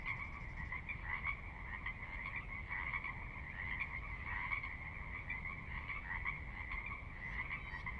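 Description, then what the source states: Pacific Chorus Frog chorus, many overlapping croaks forming a dense steady band of trilled calls throughout, over a low rumbling background of running water. Wild chorus recorded at midnight on the valley floor of Sinlahekin Valley, Sinlahekin Wildlife Area, Washington, near the Cascades; distant water spillage in background; unprocessed raw recording.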